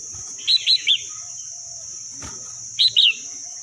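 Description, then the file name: Red-whiskered bulbul song: three bright arched notes, a pause with a sharp click, then two more ringing notes, over a steady high-pitched whine. Wild bird; Vietnamese song style called "giọng rừng" (forest voice). "tieng chao mao hot giong rung"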